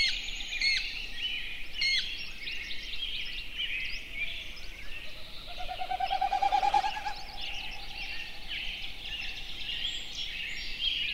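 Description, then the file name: Snipe giving a single short burst of rapid rising hoots midway, surrounded by chirps and trills of various small birds. "080621-0433 snipes"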